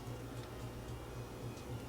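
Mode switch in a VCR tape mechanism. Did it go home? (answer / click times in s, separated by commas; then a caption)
no / none. A technician times the tape mechanism of a Sony SLV-R1000 VCR, which a customer had tried to fix himself, by lining up the mode switch so it points at the hole and moving it over so it will lock into place. A steady low hum with soft, evenly spaced pulses about every quarter second runs throughout at an even level, with no sudden sounds. Nothing has seated or clicked yet.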